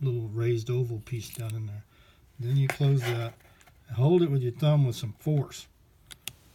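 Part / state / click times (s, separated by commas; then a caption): replacement blade into a lockback carpet knife / seated / 6.1 s, 6.3 s. Someone talks while closing a Kobalt 0212240 lockback carpet knife on a replacement Roberts or Personna utility blade and pressing it firmly with the thumb so the blade slot drops over the raised oval dimple. Two sharp clicks follow at 6.1 s and 6.3 s as the blade seats onto the dimple, sitting straight with no gap.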